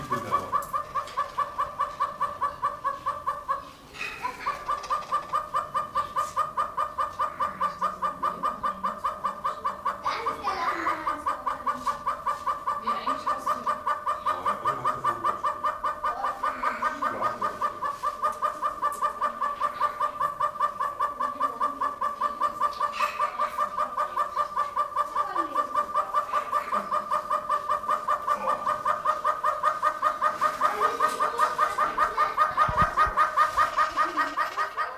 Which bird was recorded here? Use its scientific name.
Tockus erythrorhynchus